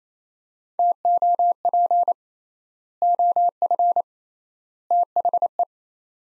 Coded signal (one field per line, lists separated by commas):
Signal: Morse code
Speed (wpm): 28 wpm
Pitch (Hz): 700 Hz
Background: none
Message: TOP OF THE